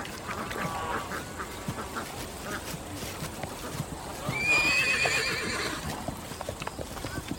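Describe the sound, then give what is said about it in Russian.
A horse whinnies once in a high, quavering burst about two-thirds through, over a steady background of hoof clip-clops and faint ambient noise in a courtyard. “Разве ты не подарил этого коня Катерине?”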